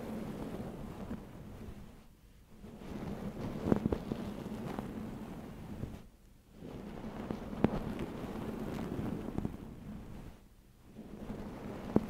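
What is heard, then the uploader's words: Soft rustling of hands moving through hair fills the clip in slow, even strokes, each lasting about four seconds and separated by brief pauses. A faint low hum sits underneath, and small sharp clicks land near the end of several strokes. ASMR Hair Play for Sleep No Talking.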